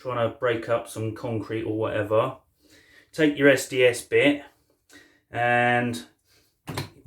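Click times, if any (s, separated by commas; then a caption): 6.8 s. Someone talks while a steel SDS bit is pushed into the SDS chuck of a Bosch GBH18V34PC8 18V BITURBO SDS-Max hammer drill (kit with 2x8Ah ProCORE batteries). A short, sharp click is heard at 6.8 s as the bit seats and locks in place.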